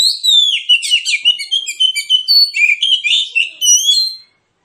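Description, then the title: Oriental magpie-robin delivering a continuous, fast stream of varied whistles and trills with steady pulses of sound before stopping abruptly. Song presented as aggressive, fighting-style song with full, persistent bursts; used as therapy to make magpie-robins reluctant to sing start fighting. "Kacer Langsung Tarung Konslet KACER NGOTOT FULL TEMBAKAN. Kicau Kacer santaiterapi Kacer males bunyi"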